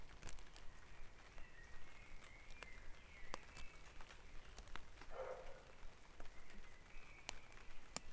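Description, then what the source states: Birds singing a dawn chorus, soft whistled phrases in several short runs, with steady low background rumble and scattered sharp clicks. Dawn chorus recorded at Back Dragon Avenue, Harrogate, as part of a sound map of Harrogate.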